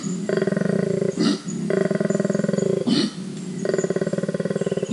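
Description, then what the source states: Koala giving a deep, buzzing, pulsed bellow, long drones broken by harsh snorting intakes of breath. Loud low-frequency call of grunts and snorts, the snort being the inhalation; produced with a special larynx; can sound like a lion roaring.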